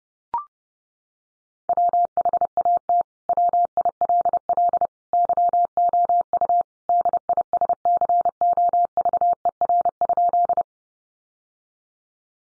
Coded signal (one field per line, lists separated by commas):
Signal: Morse code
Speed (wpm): 30 wpm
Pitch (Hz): 700 Hz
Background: none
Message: WHAT WILL YOU DISCOVER?